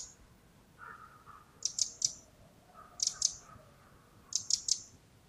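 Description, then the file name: Eurasian wren uttering clipped high tick notes in short bursts, repeated several times, with a few quieter lower notes between. "Troglodytes troglodytes"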